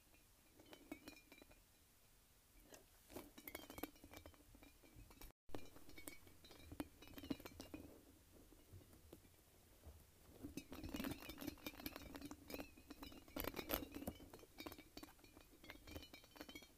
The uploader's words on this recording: ASMR Light-Up Spiky Ball.